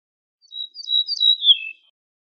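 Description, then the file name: Ortolan bunting song: a few high, varied chirps running into a slurred, descending ending note, lasting just over a second, in quiet surroundings. "suara kicauan ortolan"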